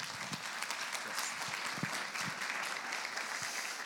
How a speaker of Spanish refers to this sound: Le damos también entonces un fuerte aplauso de bienvenida, por favor.